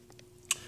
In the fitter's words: so the switch plugs in down here and should snap into place